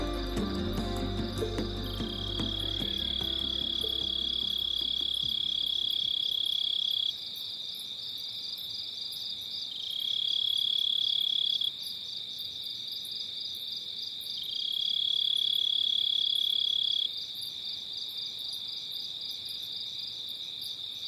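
A chorus of creatures fills an oak woodland, dominated by a steady, high, shrill insect trill. Three long, piercing whistling buzzes rise over it, from about 2 to 7 seconds, 10 to 12 seconds, and 14 to 17 seconds. Low rumbling and knocks fade out early.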